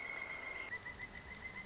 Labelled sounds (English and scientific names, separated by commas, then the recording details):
Pileated Woodpecker (Dryocopus pileatus)
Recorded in Sonoma County, California